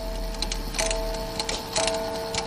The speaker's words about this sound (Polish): Zegar powozowy, inaczej karetowy. To taki mały zegar, tam to była szafa, mały. A tutaj to malutki. Tak, maleńki. Tu zaraz tylko otworzymy i proszę posłuchaj.